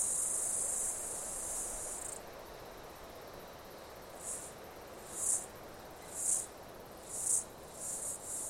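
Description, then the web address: Cicada buzzing: a shrill continuous drone for two seconds, then brief high buzzes pulsing roughly once a second. Australian cicada call. "Sound Effects-Foundation INSECTS CIDADAS AUSTRALIAN CALL"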